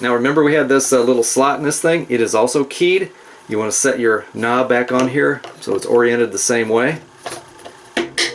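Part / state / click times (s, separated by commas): plastic control knob onto washing machine timer shaft / seated / 8.2 s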